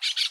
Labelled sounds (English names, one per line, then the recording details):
Brown-throated Parakeet contact call
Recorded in Aruba
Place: hill w/tanki N of Savaneta
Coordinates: 12.461, -69.944